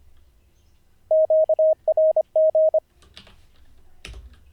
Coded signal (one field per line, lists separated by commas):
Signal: Morse code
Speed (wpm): 25 wpm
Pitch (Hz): 630 Hz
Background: none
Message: QRG